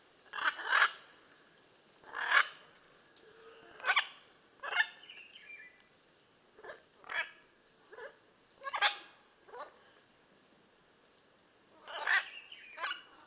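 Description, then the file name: Blue-and-yellow macaw squawking, loud harsh grating calls, single and doubled, repeated irregularly about every second or two, with quieter squawks between them. "Blue and yellow Macaw Ara ararauna"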